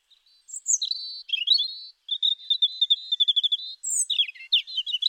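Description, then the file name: European robin song, a thin high phrase of quick warbled notes, sliding whistles and fast trills jumping between high and very high pitches. "Erithacus rubecula"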